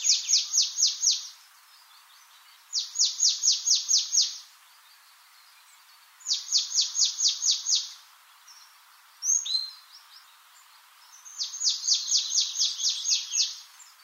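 Marsh tit: four bursts of quick, high, repeated notes, several in each burst, separated by pauses of a few seconds, with a brief single note in one gap.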